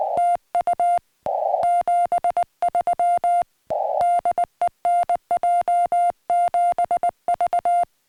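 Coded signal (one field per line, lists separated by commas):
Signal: Morse code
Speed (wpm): 20 wpm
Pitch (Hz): 3500 Hz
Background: music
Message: TU 73 DE NJ7V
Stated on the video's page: Summits on the Air winter activation on a snowy Arizona summit.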